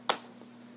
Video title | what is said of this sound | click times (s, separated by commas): Sharkk Titan HD 8 core phone | and it snaps into place and now the back's beenin reinstalled and you're ready to start using the phone | 0.1 s